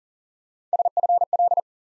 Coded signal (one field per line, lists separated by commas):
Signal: Morse code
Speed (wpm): 40 wpm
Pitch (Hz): 700 Hz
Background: none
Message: SFL